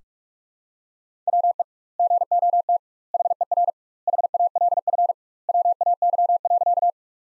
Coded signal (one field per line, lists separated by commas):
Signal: Morse code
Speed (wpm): 43 wpm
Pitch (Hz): 700 Hz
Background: none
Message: WE GOT HER HALF WAY.